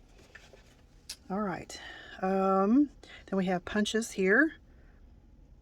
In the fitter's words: I pull this up and then rotate it back and then it kind of clicks into place